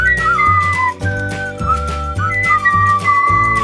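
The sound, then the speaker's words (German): Someone whistles a short melody in clear, high sustained notes that step up and down, backed by a steady low accompaniment, with no talking. “Ich kann es ja mal vorsummen, pfeifen.”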